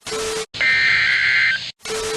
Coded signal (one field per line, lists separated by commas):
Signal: Emergency Alert System (SAME) tones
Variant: header bursts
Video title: Severe Thunderstorm Warning on WXK52 (EAS Alert #149) - 5/05/20